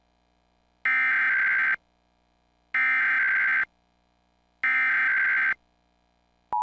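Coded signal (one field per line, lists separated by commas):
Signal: Emergency Alert System (SAME) tones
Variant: header bursts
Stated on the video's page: Required Monthly Test broadcast on Maryland Public Television station WMPB, followed by an EASyCAP test that ends abruptly.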